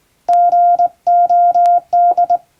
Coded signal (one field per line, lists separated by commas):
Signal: Morse code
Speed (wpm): 21 wpm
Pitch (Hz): 700 Hz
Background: none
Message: GOD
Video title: 【morse practice】thisi is straight key's Morse code practice video. There is a morse exam in japan.